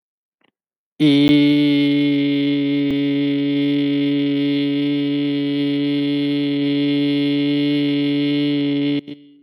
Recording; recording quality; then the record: sustained vowel as in beet; excellent, no background noise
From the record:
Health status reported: exposed to COVID-19, no respiratory illness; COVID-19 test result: negative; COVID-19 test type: RT-PCR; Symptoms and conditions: sore throat, asthma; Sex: male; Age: 37 years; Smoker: no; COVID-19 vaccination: both doses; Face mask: worn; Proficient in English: no